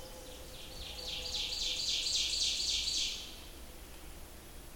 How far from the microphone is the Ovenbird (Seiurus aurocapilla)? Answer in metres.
about 20 m